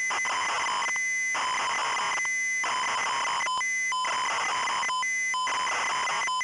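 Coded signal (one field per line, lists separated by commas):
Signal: ZX Spectrum tape loading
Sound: harsh rasping data bursts roughly every second, broken by short steady tones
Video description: this video shows the tape loading and execution the Jetpac game in MSX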